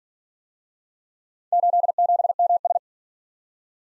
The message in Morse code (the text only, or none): 87MS